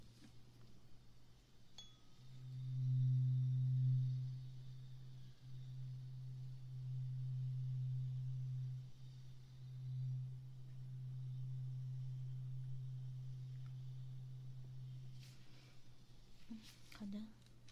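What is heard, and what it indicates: Steady low-pitched hearing-test tone, swelling and fading for about twelve seconds, in a role-played right-ear hearing check; the listener is to say "stop" once the sound can no longer be heard.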